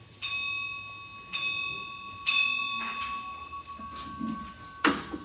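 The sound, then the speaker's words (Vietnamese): A Buddhist prayer bell is struck three times at a slow, even pace after incense is lit, to begin chanting the Medicine Buddha mantra, each ring a sustained, bright metallic tone with long overlapping harmonics that linger and fade, followed by a few softer knocks. “Ngài chuẩn bị thắp nhang xong thì bắt đầu vô chuông mỏ và tụng khoảng 21 phút.”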